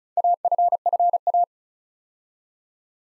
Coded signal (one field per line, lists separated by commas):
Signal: Morse code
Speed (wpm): 36 wpm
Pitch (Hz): 700 Hz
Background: none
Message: AFFA